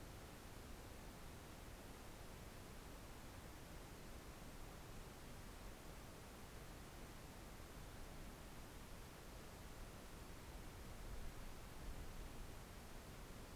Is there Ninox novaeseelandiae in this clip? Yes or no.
no